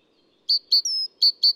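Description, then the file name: Great tit song, paired bright notes and a drawn-out whistled note, the phrase repeated, with no other sounds. Adult male. "gtit-major-1-AD-M-S-IND 01 d bb felgentreu"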